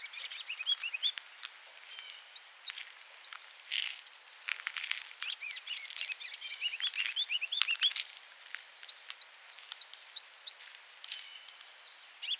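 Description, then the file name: Ruby-crowned kinglet singing: repeated bursts of high, thin rising notes and short trilled phrases throughout, mixed with scattered clicks and soft background noise. "Regulus calendula - Ruby-crowned Kinglet"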